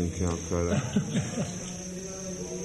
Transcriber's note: laughter